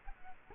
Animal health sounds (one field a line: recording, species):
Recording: mosquito wingbeat signal from an infrared sensor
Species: Culex quinquefasciatus